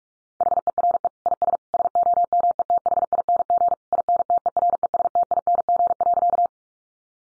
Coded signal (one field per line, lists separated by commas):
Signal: Morse code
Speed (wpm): 44 wpm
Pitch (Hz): 700 Hz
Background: none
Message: HERE IS SOMETHING INTERESTING.